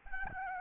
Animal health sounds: mosquito wingbeat signal from an infrared sensor; Aedes albopictus

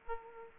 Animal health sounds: mosquito wingbeat signal from an infrared sensor; Aedes aegypti

